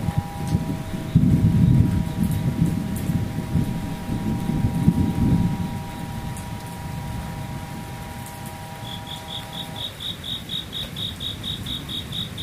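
A steady two-note insect drone, cicada-like, holds until about ten seconds. From around nine seconds a bright, rapid and regular chirping runs to the end. Underneath, a low rumbling wash is heavy for the first six seconds, then thins out.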